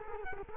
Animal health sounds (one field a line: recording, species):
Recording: mosquito wingbeat signal from an infrared sensor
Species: Culex quinquefasciatus